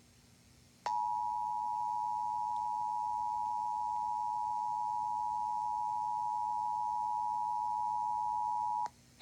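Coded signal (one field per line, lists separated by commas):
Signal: Emergency Alert System (SAME) tones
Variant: 853 and 960 Hz attention tone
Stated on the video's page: Tornado Warning carried on Comcast cable.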